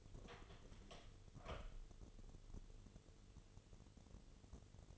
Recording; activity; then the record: daily activity, microphone in the room; open door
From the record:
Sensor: 4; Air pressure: 1016.0 hPa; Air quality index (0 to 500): 202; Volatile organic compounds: 11 ppm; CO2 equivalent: 2295 ppm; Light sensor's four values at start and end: 9/20/8/7 and 9/20/8/7